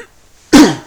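After a brief quiet pause, a single abrupt cough from an adult man bursts out, loud at onset and fading over about a third of a second. It has a short voiced, slightly throaty quality, like a dry cough, with only faint room noise around it. It is not from a cold; his throat becomes dry at night.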